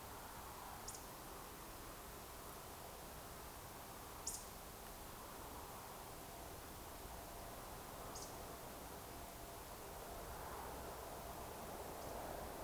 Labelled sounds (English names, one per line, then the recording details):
Eurasian Woodcock whistle
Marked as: whistle, whistle, whistle, whistle
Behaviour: display flight
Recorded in Baden-Württemberg, Germany, on 15 June 2020 at 02:18 UTC
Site 43791, 788 m above sea level